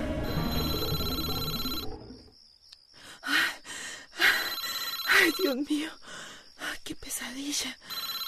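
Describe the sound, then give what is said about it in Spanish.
A telephone rings at 2 a.m. with a steady, high electronic trill that keeps going under a woman's strained, gasping voice, after a brief burst of dense, loud sound at the start. “El teléfono.”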